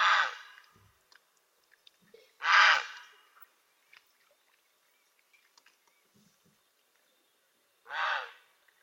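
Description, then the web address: Grey heron calling three hoarse, raspy squawks with uneven gaps, plus faint clicks and small sounds in between. "naszenadlesnictwo prace Czapla Siwa"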